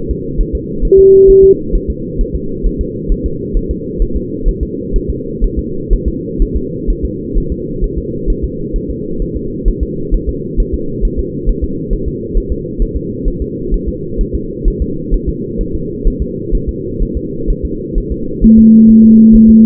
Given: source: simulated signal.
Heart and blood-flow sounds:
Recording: fetal heart sounds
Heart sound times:
0.11 s: S2
0.41 s: S1
0.55 s: S2
0.85 s: S1
0.99 s: S2
1.30 s: S1
1.44 s: S2
1.75 s: S1
1.90 s: S2
2.21 s: S1
2.35 s: S2
2.67 s: S1
2.81 s: S2
3.12 s: S1
3.26 s: S2
3.57 s: S1
3.71 s: S2
4.02 s: S1
4.17 s: S2
4.49 s: S1
4.63 s: S2
4.96 s: S1
5.10 s: S2
5.44 s: S1
5.59 s: S2
5.93 s: S1
6.08 s: S2
6.42 s: S1
6.56 s: S2
6.90 s: S1
7.05 s: S2
7.38 s: S1
7.52 s: S2
7.84 s: S1
7.98 s: S2
8.30 s: S1
8.44 s: S2
8.76 s: S1
8.90 s: S2
9.22 s: S1
9.36 s: S2
9.68 s: S1
9.83 s: S2
10.14 s: S1
10.29 s: S2
10.60 s: S1
10.74 s: S2
11.05 s: S1
11.19 s: S2
11.49 s: S1
11.64 s: S2
11.93 s: S1
12.08 s: S2
12.37 s: S1
12.52 s: S2
12.82 s: S1
12.97 s: S2
13.28 s: S1
13.42 s: S2
13.74 s: S1
13.88 s: S2
14.21 s: S1
14.35 s: S2
14.68 s: S1
14.82 s: S2
15.14 s: S1
15.29 s: S2
15.61 s: S1
15.75 s: S2
16.07 s: S1
16.22 s: S2
16.55 s: S1
16.69 s: S2
17.03 s: S1
17.17 s: S2
17.50 s: S1
17.65 s: S2
17.98 s: S1
18.12 s: S2
18.44 s: S1
18.59 s: S2
18.90 s: S1
19.05 s: S2
19.35 s: S1
19.50 s: S2
From the record:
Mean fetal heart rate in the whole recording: 130 bpm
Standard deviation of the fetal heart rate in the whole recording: 4 bpm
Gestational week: 38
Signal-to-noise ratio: -6.6 dB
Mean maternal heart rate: 72 bpm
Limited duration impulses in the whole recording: present

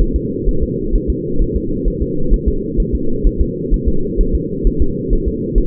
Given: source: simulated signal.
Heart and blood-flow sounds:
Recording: fetal heart sounds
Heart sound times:
0.02 s: S1
0.16 s: S2
0.49 s: S1
0.63 s: S2
0.95 s: S1
1.10 s: S2
1.42 s: S1
1.57 s: S2
1.88 s: S1
2.02 s: S2
2.34 s: S1
2.48 s: S2
2.80 s: S1
2.95 s: S2
3.27 s: S1
3.41 s: S2
3.74 s: S1
3.88 s: S2
4.21 s: S1
4.35 s: S2
4.67 s: S1
4.82 s: S2
5.13 s: S1
5.28 s: S2
5.58 s: S1
From the record:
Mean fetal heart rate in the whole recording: 130 bpm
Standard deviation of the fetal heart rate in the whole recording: 2 bpm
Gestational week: 38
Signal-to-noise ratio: -8.1 dB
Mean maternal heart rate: 72 bpm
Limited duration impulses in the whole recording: absent

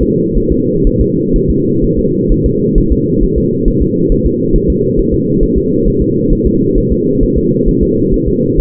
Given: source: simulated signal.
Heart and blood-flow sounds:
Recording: fetal heart sounds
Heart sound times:
0.03 s: S2
0.37 s: S1
0.52 s: S2
0.87 s: S1
1.01 s: S2
1.36 s: S1
1.50 s: S2
1.84 s: S1
1.99 s: S2
2.32 s: S1
2.46 s: S2
2.78 s: S1
2.93 s: S2
3.23 s: S1
3.38 s: S2
3.68 s: S1
3.82 s: S2
4.12 s: S1
4.26 s: S2
4.56 s: S1
4.70 s: S2
4.99 s: S1
5.14 s: S2
5.43 s: S1
5.58 s: S2
5.88 s: S1
6.02 s: S2
6.33 s: S1
6.47 s: S2
6.78 s: S1
6.92 s: S2
7.23 s: S1
7.38 s: S2
7.69 s: S1
7.83 s: S2
8.14 s: S1
8.28 s: S2
8.60 s: S1
From the record:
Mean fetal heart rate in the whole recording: 130 bpm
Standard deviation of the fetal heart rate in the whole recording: 4 bpm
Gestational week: 38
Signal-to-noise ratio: -11.2 dB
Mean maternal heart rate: 72 bpm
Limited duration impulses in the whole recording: present

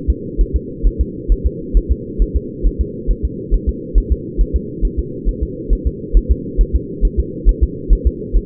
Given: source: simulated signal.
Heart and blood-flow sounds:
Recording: fetal heart sounds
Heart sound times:
0.10 s: S2
0.41 s: S1
0.56 s: S2
0.87 s: S1
1.01 s: S2
1.32 s: S1
1.47 s: S2
1.77 s: S1
1.92 s: S2
2.22 s: S1
2.37 s: S2
2.66 s: S1
2.81 s: S2
3.11 s: S1
3.25 s: S2
3.54 s: S1
3.69 s: S2
3.98 s: S1
4.12 s: S2
4.41 s: S1
4.56 s: S2
4.85 s: S1
4.99 s: S2
5.29 s: S1
5.43 s: S2
5.73 s: S1
5.87 s: S2
6.17 s: S1
6.31 s: S2
6.61 s: S1
6.75 s: S2
7.05 s: S1
7.19 s: S2
7.49 s: S1
7.63 s: S2
7.93 s: S1
8.07 s: S2
8.37 s: S1
From the record:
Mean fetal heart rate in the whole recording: 135 bpm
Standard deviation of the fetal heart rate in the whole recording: 3 bpm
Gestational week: 36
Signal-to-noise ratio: -4.1 dB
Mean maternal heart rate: no maternal heart sound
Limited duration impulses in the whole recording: absent

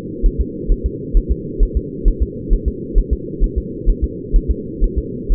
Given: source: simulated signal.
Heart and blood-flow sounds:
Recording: fetal heart sounds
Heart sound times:
0.26 s: S1
0.41 s: S2
0.72 s: S1
0.86 s: S2
1.17 s: S1
1.31 s: S2
1.63 s: S1
1.77 s: S2
2.08 s: S1
2.23 s: S2
2.53 s: S1
2.68 s: S2
2.98 s: S1
3.13 s: S2
3.44 s: S1
3.58 s: S2
3.89 s: S1
4.04 s: S2
4.36 s: S1
4.51 s: S2
4.84 s: S1
4.98 s: S2
5.32 s: S1
From the record:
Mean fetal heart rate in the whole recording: 130 bpm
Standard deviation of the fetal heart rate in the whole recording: 4 bpm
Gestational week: 38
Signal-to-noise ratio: -4.1 dB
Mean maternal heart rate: no maternal heart sound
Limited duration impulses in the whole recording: absent

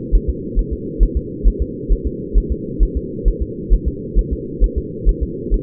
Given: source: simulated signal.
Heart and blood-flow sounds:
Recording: fetal heart sounds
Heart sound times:
0.15 s: S1
0.29 s: S2
0.59 s: S1
0.73 s: S2
1.03 s: S1
1.17 s: S2
1.48 s: S1
1.62 s: S2
1.92 s: S1
2.07 s: S2
2.38 s: S1
2.52 s: S2
2.83 s: S1
2.97 s: S2
3.28 s: S1
3.42 s: S2
3.73 s: S1
3.88 s: S2
4.19 s: S1
4.33 s: S2
4.64 s: S1
4.78 s: S2
5.09 s: S1
5.23 s: S2
5.54 s: S1
From the record:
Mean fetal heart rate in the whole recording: 135 bpm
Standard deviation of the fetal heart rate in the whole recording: 3 bpm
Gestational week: 36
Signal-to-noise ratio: -4.1 dB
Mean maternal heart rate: no maternal heart sound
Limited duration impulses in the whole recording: absent

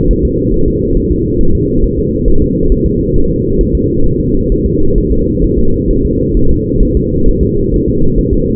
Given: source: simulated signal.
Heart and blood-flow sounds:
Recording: fetal heart sounds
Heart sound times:
0.11 s: S1
0.25 s: S2
0.54 s: S1
0.68 s: S2
0.97 s: S1
1.12 s: S2
1.41 s: S1
1.55 s: S2
1.84 s: S1
1.99 s: S2
2.28 s: S1
2.42 s: S2
2.72 s: S1
2.86 s: S2
3.16 s: S1
3.31 s: S2
3.61 s: S1
3.75 s: S2
4.06 s: S1
4.20 s: S2
4.52 s: S1
4.66 s: S2
4.98 s: S1
5.12 s: S2
5.44 s: S1
5.59 s: S2
5.91 s: S1
6.05 s: S2
6.37 s: S1
6.51 s: S2
6.83 s: S1
6.97 s: S2
7.28 s: S1
7.43 s: S2
7.74 s: S1
7.88 s: S2
8.19 s: S1
8.33 s: S2
From the record:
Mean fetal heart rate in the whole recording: 135 bpm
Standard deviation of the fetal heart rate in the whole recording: 3 bpm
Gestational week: 36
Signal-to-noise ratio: -17.7 dB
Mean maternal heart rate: 72 bpm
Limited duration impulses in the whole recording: present

